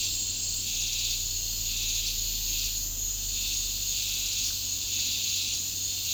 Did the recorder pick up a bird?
no